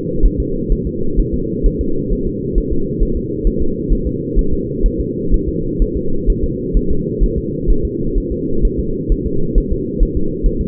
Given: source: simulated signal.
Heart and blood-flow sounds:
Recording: fetal heart sounds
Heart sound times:
0.26 s: S1
0.40 s: S2
0.72 s: S1
0.87 s: S2
1.20 s: S1
1.34 s: S2
1.67 s: S1
1.81 s: S2
2.13 s: S1
2.27 s: S2
2.58 s: S1
2.72 s: S2
3.03 s: S1
3.17 s: S2
3.47 s: S1
3.62 s: S2
3.93 s: S1
4.07 s: S2
4.39 s: S1
4.53 s: S2
4.86 s: S1
5.01 s: S2
5.34 s: S1
5.49 s: S2
5.82 s: S1
5.97 s: S2
6.30 s: S1
6.44 s: S2
6.77 s: S1
6.91 s: S2
7.24 s: S1
7.38 s: S2
7.70 s: S1
7.85 s: S2
8.18 s: S1
8.32 s: S2
8.65 s: S1
8.80 s: S2
9.12 s: S1
9.26 s: S2
9.58 s: S1
9.72 s: S2
10.03 s: S1
10.17 s: S2
10.46 s: S1
10.61 s: S2
From the record:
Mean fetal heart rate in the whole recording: 130 bpm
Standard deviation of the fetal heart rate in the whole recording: 4 bpm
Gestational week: 38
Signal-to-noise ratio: -8.1 dB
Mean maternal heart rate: 72 bpm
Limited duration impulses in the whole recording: present

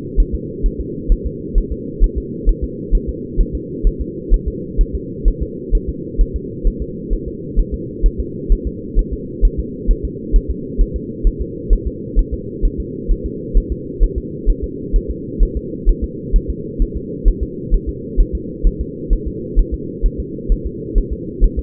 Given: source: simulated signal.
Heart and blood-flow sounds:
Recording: fetal heart sounds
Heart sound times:
0.20 s: S1
0.35 s: S2
0.66 s: S1
0.80 s: S2
1.12 s: S1
1.26 s: S2
1.58 s: S1
1.72 s: S2
2.04 s: S1
2.18 s: S2
2.49 s: S1
2.64 s: S2
2.95 s: S1
3.09 s: S2
3.41 s: S1
3.55 s: S2
3.87 s: S1
4.01 s: S2
4.34 s: S1
4.48 s: S2
4.81 s: S1
4.95 s: S2
5.28 s: S1
5.42 s: S2
5.75 s: S1
5.89 s: S2
6.21 s: S1
6.36 s: S2
6.67 s: S1
6.82 s: S2
7.13 s: S1
7.28 s: S2
7.59 s: S1
7.74 s: S2
8.06 s: S1
8.20 s: S2
8.52 s: S1
8.67 s: S2
8.99 s: S1
9.13 s: S2
9.45 s: S1
9.60 s: S2
9.91 s: S1
10.05 s: S2
10.36 s: S1
10.50 s: S2
10.81 s: S1
10.96 s: S2
11.27 s: S1
11.41 s: S2
11.73 s: S1
11.87 s: S2
12.19 s: S1
12.33 s: S2
12.65 s: S1
12.80 s: S2
13.11 s: S1
13.26 s: S2
13.57 s: S1
13.72 s: S2
14.03 s: S1
14.18 s: S2
14.50 s: S1
14.64 s: S2
14.96 s: S1
15.11 s: S2
15.43 s: S1
15.57 s: S2
15.89 s: S1
16.04 s: S2
16.36 s: S1
16.50 s: S2
16.82 s: S1
16.97 s: S2
17.28 s: S1
17.43 s: S2
17.74 s: S1
17.89 s: S2
18.20 s: S1
18.35 s: S2
18.67 s: S1
18.81 s: S2
19.13 s: S1
19.27 s: S2
19.59 s: S1
19.74 s: S2
20.06 s: S1
20.20 s: S2
20.52 s: S1
20.66 s: S2
20.98 s: S1
21.13 s: S2
21.44 s: S1
21.59 s: S2
From the record:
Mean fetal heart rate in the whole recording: 130 bpm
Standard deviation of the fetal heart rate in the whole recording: 2 bpm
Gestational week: 38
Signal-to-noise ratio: -4.1 dB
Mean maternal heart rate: no maternal heart sound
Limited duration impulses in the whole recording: absent

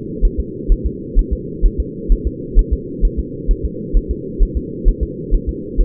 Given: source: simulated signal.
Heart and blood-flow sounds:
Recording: fetal heart sounds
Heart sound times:
0.25 s: S1
0.40 s: S2
0.72 s: S1
0.86 s: S2
1.19 s: S1
1.33 s: S2
1.66 s: S1
1.80 s: S2
2.12 s: S1
2.27 s: S2
2.59 s: S1
2.73 s: S2
3.05 s: S1
3.19 s: S2
3.51 s: S1
3.65 s: S2
3.97 s: S1
4.11 s: S2
4.42 s: S1
4.57 s: S2
4.88 s: S1
5.03 s: S2
5.34 s: S1
5.49 s: S2
5.80 s: S1
From the record:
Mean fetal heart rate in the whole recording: 130 bpm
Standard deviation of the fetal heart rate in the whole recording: 2 bpm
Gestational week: 38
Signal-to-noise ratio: -4.1 dB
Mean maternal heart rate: no maternal heart sound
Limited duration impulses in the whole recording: absent

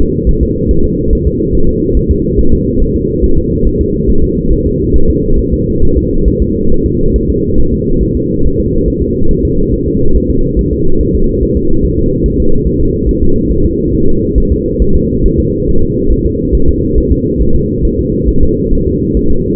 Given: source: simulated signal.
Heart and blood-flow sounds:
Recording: fetal heart sounds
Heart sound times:
0.01 s: S2
0.29 s: S1
0.43 s: S2
0.71 s: S1
0.85 s: S2
1.13 s: S1
1.27 s: S2
1.55 s: S1
1.69 s: S2
1.97 s: S1
2.11 s: S2
2.39 s: S1
2.53 s: S2
2.82 s: S1
2.96 s: S2
3.24 s: S1
3.38 s: S2
3.67 s: S1
3.81 s: S2
4.09 s: S1
4.23 s: S2
4.52 s: S1
4.66 s: S2
4.96 s: S1
5.10 s: S2
5.39 s: S1
5.53 s: S2
5.83 s: S1
5.97 s: S2
6.28 s: S1
6.42 s: S2
6.72 s: S1
6.86 s: S2
7.16 s: S1
7.30 s: S2
7.60 s: S1
7.74 s: S2
8.03 s: S1
8.17 s: S2
8.46 s: S1
8.60 s: S2
8.88 s: S1
9.02 s: S2
9.31 s: S1
9.45 s: S2
9.74 s: S1
9.88 s: S2
10.16 s: S1
10.30 s: S2
10.59 s: S1
10.73 s: S2
11.01 s: S1
11.15 s: S2
11.43 s: S1
11.57 s: S2
11.85 s: S1
11.99 s: S2
12.26 s: S1
12.40 s: S2
12.67 s: S1
12.81 s: S2
13.09 s: S1
13.23 s: S2
13.51 s: S1
13.65 s: S2
13.95 s: S1
14.08 s: S2
14.38 s: S1
14.52 s: S2
14.82 s: S1
14.96 s: S2
15.26 s: S1
15.40 s: S2
15.69 s: S1
15.83 s: S2
16.12 s: S1
16.26 s: S2
16.55 s: S1
16.69 s: S2
16.98 s: S1
17.12 s: S2
17.41 s: S1
17.55 s: S2
17.85 s: S1
17.99 s: S2
18.29 s: S1
18.43 s: S2
18.73 s: S1
18.87 s: S2
19.17 s: S1
19.31 s: S2
From the record:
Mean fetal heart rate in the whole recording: 140 bpm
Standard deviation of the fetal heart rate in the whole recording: 2 bpm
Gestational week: 34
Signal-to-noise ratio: -19.1 dB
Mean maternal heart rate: 72 bpm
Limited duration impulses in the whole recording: present

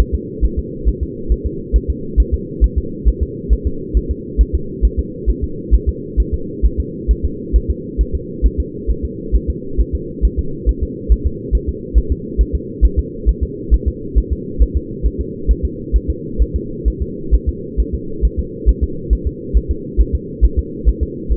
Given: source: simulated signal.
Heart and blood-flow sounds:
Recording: fetal heart sounds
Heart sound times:
0.00 s: S1
0.14 s: S2
0.44 s: S1
0.59 s: S2
0.88 s: S1
1.03 s: S2
1.32 s: S1
1.46 s: S2
1.76 s: S1
1.90 s: S2
2.20 s: S1
2.34 s: S2
2.64 s: S1
2.78 s: S2
3.08 s: S1
3.23 s: S2
3.53 s: S1
3.67 s: S2
3.97 s: S1
4.11 s: S2
4.41 s: S1
4.55 s: S2
4.85 s: S1
4.99 s: S2
5.30 s: S1
5.44 s: S2
5.75 s: S1
5.89 s: S2
6.20 s: S1
6.34 s: S2
6.65 s: S1
6.80 s: S2
7.11 s: S1
7.25 s: S2
7.56 s: S1
7.70 s: S2
8.01 s: S1
8.15 s: S2
8.46 s: S1
8.60 s: S2
8.90 s: S1
9.05 s: S2
9.35 s: S1
9.50 s: S2
9.81 s: S1
9.95 s: S2
10.25 s: S1
10.39 s: S2
10.69 s: S1
10.83 s: S2
11.12 s: S1
11.27 s: S2
11.55 s: S1
11.69 s: S2
11.98 s: S1
12.12 s: S2
12.41 s: S1
12.55 s: S2
12.85 s: S1
12.99 s: S2
13.29 s: S1
13.43 s: S2
13.74 s: S1
13.88 s: S2
14.18 s: S1
14.32 s: S2
14.62 s: S1
14.77 s: S2
15.06 s: S1
15.21 s: S2
15.51 s: S1
15.65 s: S2
15.96 s: S1
16.10 s: S2
16.42 s: S1
16.56 s: S2
16.88 s: S1
17.02 s: S2
17.34 s: S1
17.49 s: S2
17.80 s: S1
17.95 s: S2
18.25 s: S1
18.39 s: S2
18.69 s: S1
18.83 s: S2
19.13 s: S1
19.27 s: S2
19.57 s: S1
19.71 s: S2
20.00 s: S1
20.15 s: S2
20.45 s: S1
20.59 s: S2
20.89 s: S1
21.03 s: S2
21.32 s: S1
From the record:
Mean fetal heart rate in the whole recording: 135 bpm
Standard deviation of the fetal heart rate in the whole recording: 3 bpm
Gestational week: 34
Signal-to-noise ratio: -4.3 dB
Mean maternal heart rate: 72 bpm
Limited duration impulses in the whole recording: absent

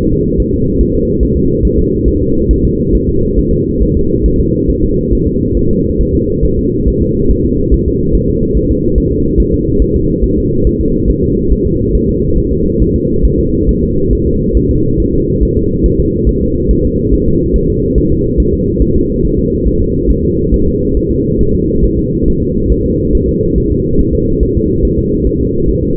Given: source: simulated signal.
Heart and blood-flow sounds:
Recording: fetal heart sounds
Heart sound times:
0.13 s: S2
0.40 s: S1
0.54 s: S2
0.81 s: S1
0.95 s: S2
1.23 s: S1
1.37 s: S2
1.65 s: S1
1.79 s: S2
2.08 s: S1
2.22 s: S2
2.51 s: S1
2.65 s: S2
2.95 s: S1
3.09 s: S2
3.39 s: S1
3.53 s: S2
3.82 s: S1
3.97 s: S2
4.26 s: S1
4.40 s: S2
4.70 s: S1
4.84 s: S2
5.13 s: S1
5.27 s: S2
5.57 s: S1
5.71 s: S2
6.01 s: S1
6.15 s: S2
6.45 s: S1
6.59 s: S2
6.88 s: S1
7.02 s: S2
7.31 s: S1
7.45 s: S2
7.74 s: S1
7.88 s: S2
8.15 s: S1
8.30 s: S2
8.57 s: S1
8.71 s: S2
8.98 s: S1
9.12 s: S2
9.40 s: S1
9.54 s: S2
9.82 s: S1
9.96 s: S2
10.24 s: S1
10.38 s: S2
10.67 s: S1
10.81 s: S2
11.10 s: S1
11.24 s: S2
11.52 s: S1
11.67 s: S2
11.95 s: S1
12.09 s: S2
12.38 s: S1
12.52 s: S2
12.82 s: S1
12.96 s: S2
13.25 s: S1
13.40 s: S2
13.69 s: S1
13.83 s: S2
14.13 s: S1
14.27 s: S2
14.57 s: S1
14.71 s: S2
15.00 s: S1
15.14 s: S2
15.43 s: S1
15.57 s: S2
15.86 s: S1
16.00 s: S2
16.29 s: S1
16.43 s: S2
16.71 s: S1
16.85 s: S2
17.14 s: S1
17.28 s: S2
17.56 s: S1
17.70 s: S2
17.98 s: S1
18.12 s: S2
18.40 s: S1
18.54 s: S2
18.82 s: S1
18.96 s: S2
19.25 s: S1
19.39 s: S2
19.68 s: S1
19.82 s: S2
20.11 s: S1
20.25 s: S2
20.54 s: S1
20.68 s: S2
20.97 s: S1
21.12 s: S2
21.41 s: S1
21.55 s: S2
21.84 s: S1
21.99 s: S2
22.28 s: S1
22.42 s: S2
22.72 s: S1
22.86 s: S2
23.15 s: S1
23.29 s: S2
23.58 s: S1
23.72 s: S2
24.01 s: S1
24.15 s: S2
24.43 s: S1
24.57 s: S2
24.85 s: S1
24.99 s: S2
25.27 s: S1
25.41 s: S2
25.69 s: S1
25.84 s: S2
From the record:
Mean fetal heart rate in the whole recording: 140 bpm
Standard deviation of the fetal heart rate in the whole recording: 2 bpm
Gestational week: 34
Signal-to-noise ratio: -15.3 dB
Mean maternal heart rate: 72 bpm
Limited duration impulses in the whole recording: present

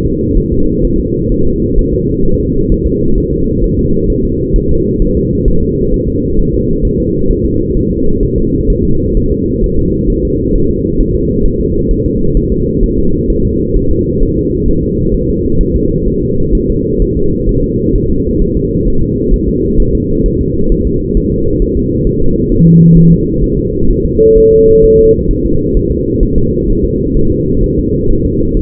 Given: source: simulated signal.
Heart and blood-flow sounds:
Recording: fetal heart sounds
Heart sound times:
0.06 s: S2
0.38 s: S1
0.52 s: S2
0.85 s: S1
1.00 s: S2
1.32 s: S1
1.46 s: S2
1.79 s: S1
1.94 s: S2
2.25 s: S1
2.40 s: S2
2.72 s: S1
2.87 s: S2
3.18 s: S1
3.33 s: S2
3.64 s: S1
3.79 s: S2
4.10 s: S1
4.25 s: S2
4.56 s: S1
4.71 s: S2
5.02 s: S1
5.17 s: S2
5.48 s: S1
5.63 s: S2
5.94 s: S1
6.09 s: S2
6.39 s: S1
6.54 s: S2
6.85 s: S1
7.00 s: S2
7.31 s: S1
7.45 s: S2
7.77 s: S1
7.92 s: S2
8.23 s: S1
8.38 s: S2
8.70 s: S1
8.85 s: S2
9.17 s: S1
9.32 s: S2
9.64 s: S1
9.79 s: S2
10.10 s: S1
10.25 s: S2
10.56 s: S1
10.70 s: S2
11.01 s: S1
11.15 s: S2
11.46 s: S1
11.61 s: S2
11.91 s: S1
12.06 s: S2
12.37 s: S1
12.52 s: S2
12.84 s: S1
12.98 s: S2
13.30 s: S1
13.45 s: S2
13.77 s: S1
13.91 s: S2
14.23 s: S1
14.38 s: S2
14.69 s: S1
14.83 s: S2
15.14 s: S1
15.29 s: S2
15.61 s: S1
15.76 s: S2
16.08 s: S1
16.23 s: S2
16.55 s: S1
16.70 s: S2
17.02 s: S1
17.17 s: S2
17.49 s: S1
17.64 s: S2
17.95 s: S1
18.10 s: S2
18.42 s: S1
18.56 s: S2
18.88 s: S1
19.02 s: S2
19.34 s: S1
19.48 s: S2
19.80 s: S1
19.95 s: S2
20.26 s: S1
20.41 s: S2
20.72 s: S1
20.87 s: S2
21.17 s: S1
21.32 s: S2
21.62 s: S1
21.77 s: S2
22.07 s: S1
22.22 s: S2
22.52 s: S1
22.67 s: S2
22.98 s: S1
23.12 s: S2
23.44 s: S1
23.59 s: S2
23.91 s: S1
24.06 s: S2
24.38 s: S1
24.52 s: S2
24.84 s: S1
24.99 s: S2
25.31 s: S1
25.46 s: S2
25.77 s: S1
25.92 s: S2
26.23 s: S1
26.38 s: S2
26.70 s: S1
26.85 s: S2
27.17 s: S1
27.31 s: S2
27.64 s: S1
27.79 s: S2
28.11 s: S1
28.25 s: S2
28.57 s: S1
From the record:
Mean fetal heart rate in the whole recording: 130 bpm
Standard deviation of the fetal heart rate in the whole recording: 4 bpm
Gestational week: 38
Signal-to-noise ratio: -16.4 dB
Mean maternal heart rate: 72 bpm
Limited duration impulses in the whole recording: present

